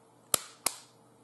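An air tool plug is released from a safety pneumatic quick coupler in two stages, so the tool is not ejected. A sharp burst at 0.3 s is the pressure being vented first. A second sharp burst at 0.7 s is the plug being freed, and both bursts are broadband and decay over a low steady hum.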